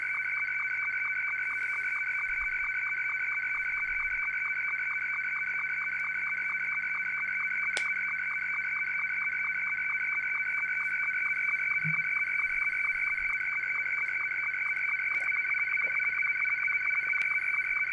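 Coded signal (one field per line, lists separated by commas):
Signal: SSTV (slow-scan television)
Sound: continuous buzzy two-pitch tone with rapid regular ticking sync pulses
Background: radio hiss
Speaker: there it's coming through the bow thing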